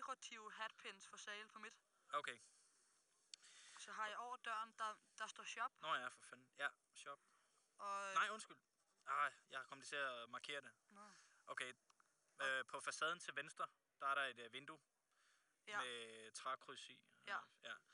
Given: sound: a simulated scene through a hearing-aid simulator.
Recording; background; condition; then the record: conversation; quiet; 75 dB SPL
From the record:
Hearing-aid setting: IV (slow-acting compression, loudness normalization); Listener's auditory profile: D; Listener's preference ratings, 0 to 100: 93, 71, 75